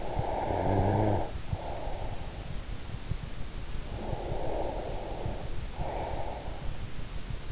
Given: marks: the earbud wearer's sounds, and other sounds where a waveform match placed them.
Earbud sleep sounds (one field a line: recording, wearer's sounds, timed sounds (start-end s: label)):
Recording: sounds in sleep by an in-ear microphone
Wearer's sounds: snoring breath, breath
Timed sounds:
0.00-2.30 s: snoring breath
3.84-6.85 s: breath